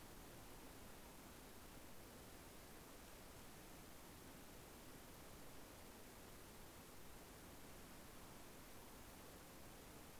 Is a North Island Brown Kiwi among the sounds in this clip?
no